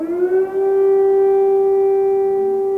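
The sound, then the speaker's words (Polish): An air raid siren wails over Irpin, heard through the window of an apartment, on a single sustained, steady tone, rising slightly at the start and then holding loud and unbroken throughout, with no voices. “Syrena wyje, a my z pisarzem Wołodymyrem Koskinem patrzymy przez okno jego mieszkania na panoramę Irpienia.”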